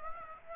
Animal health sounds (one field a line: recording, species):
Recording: mosquito wingbeat signal from an infrared sensor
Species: Aedes aegypti